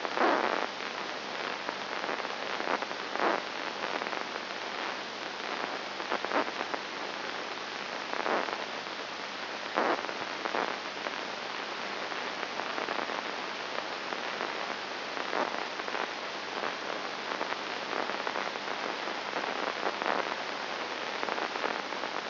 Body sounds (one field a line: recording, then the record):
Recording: brain microelectrode recording played as sound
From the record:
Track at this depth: inside the subthalamic nucleus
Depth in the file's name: 2.902 mm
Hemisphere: left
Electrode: 2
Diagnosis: Parkinson's disease